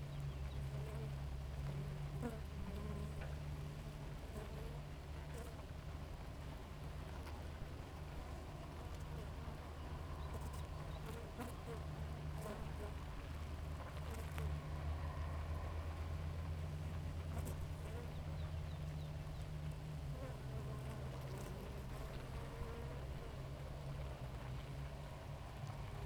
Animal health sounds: honeybee colony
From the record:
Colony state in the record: active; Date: 28 July 2017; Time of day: 4:47

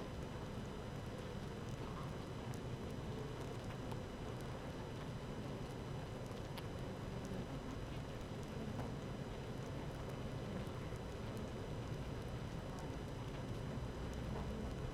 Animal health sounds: honeybee colony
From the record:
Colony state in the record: active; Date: 12 June 2018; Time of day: 15:01

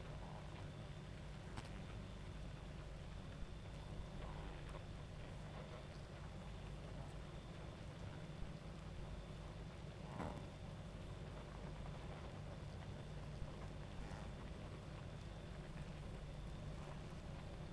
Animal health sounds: honeybee colony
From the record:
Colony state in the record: active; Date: 28 July 2017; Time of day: 22:55

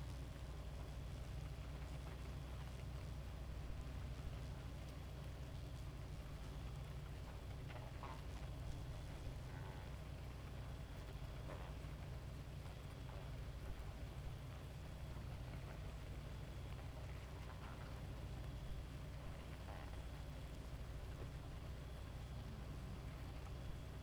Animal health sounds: honeybee colony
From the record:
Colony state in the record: active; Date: 28 July 2017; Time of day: 2:17

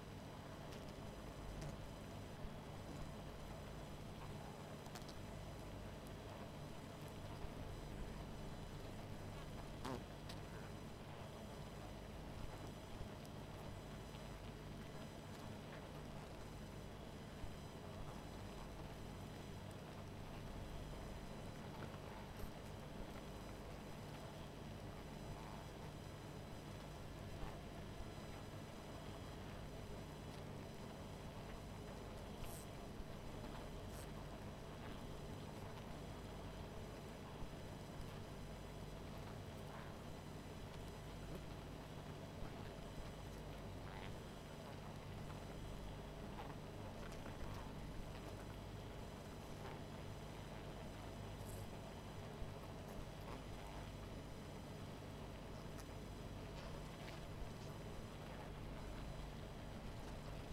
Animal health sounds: honeybee colony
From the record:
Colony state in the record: missing queen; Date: 14 July 2017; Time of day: 20:42

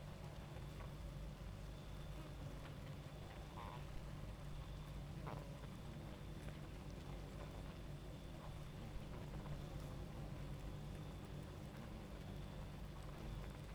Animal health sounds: honeybee colony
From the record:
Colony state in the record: active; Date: 28 July 2017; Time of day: 23:11

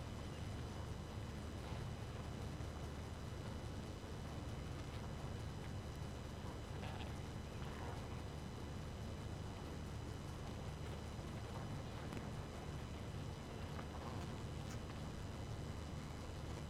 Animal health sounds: honeybee colony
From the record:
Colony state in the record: active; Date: 12 June 2018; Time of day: 2:47

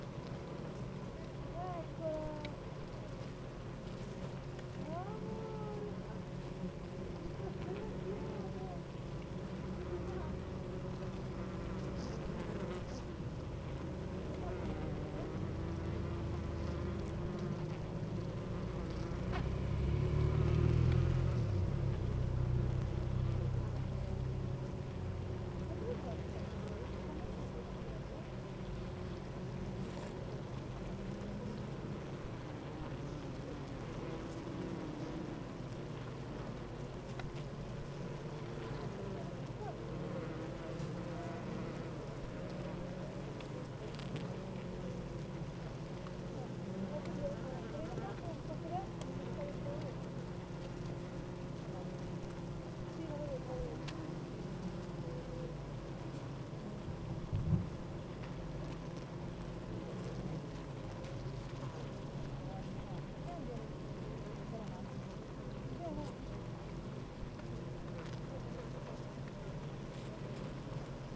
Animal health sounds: honeybee colony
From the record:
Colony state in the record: active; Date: 28 July 2017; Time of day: 8:30

